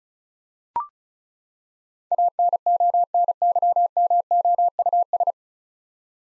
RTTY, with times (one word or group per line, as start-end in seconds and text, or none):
none